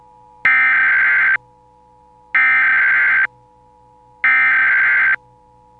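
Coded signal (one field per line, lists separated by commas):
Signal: Emergency Alert System (SAME) tones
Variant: header bursts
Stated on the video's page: National EAS/EAN test aired from a Portland, Maine television station's master control facility.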